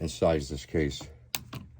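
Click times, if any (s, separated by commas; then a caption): 1.4 s. Someone talks while a 9mm brass case is run into a steel sizing/decapping die in a reloading press. At 1.4 s the spent primer is pushed out of the case with a sharp snap, followed by a couple of fainter knocks as it is released.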